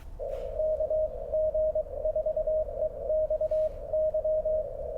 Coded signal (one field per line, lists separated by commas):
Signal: Morse code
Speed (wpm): 22 wpm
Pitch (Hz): 620 Hz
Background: none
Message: KG4EXY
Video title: Struggle Bus CW QRP POTA at US-3365 Thomas Hart Benton Home and Studio